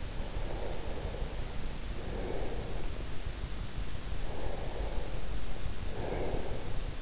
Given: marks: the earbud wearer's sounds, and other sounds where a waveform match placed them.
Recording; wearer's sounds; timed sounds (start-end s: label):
sounds in sleep by an in-ear microphone; breath
0.22-3.27 s: breath
4.13-7.02 s: breath